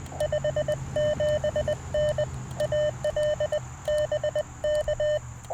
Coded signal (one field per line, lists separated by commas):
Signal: Morse code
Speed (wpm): 20 wpm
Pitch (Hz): 600 Hz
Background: none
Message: 57N AL BK